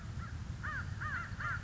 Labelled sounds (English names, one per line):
American Crow